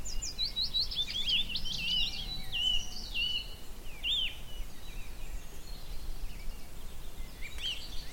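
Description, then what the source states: Garden warbler song, a rapid run of sweet, fluted warbling phrases for about four seconds, then scattered brief notes over a steady low rumble. Male, migrant; spring, scrubby hillside as hawthorns burst into white bloom; fluted, frenetic song.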